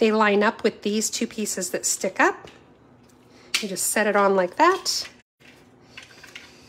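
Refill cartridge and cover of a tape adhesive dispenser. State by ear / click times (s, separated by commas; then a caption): seated / 6.0 s, 6.4 s. Someone talks while setting the holes of a refill cartridge onto the two posts inside a craft tape adhesive runner dispenser, then presses the two plastic halves of the dispenser back together. Two short clicks at 6.0 s and 6.4 s mark the housing clicking shut with the refill seated.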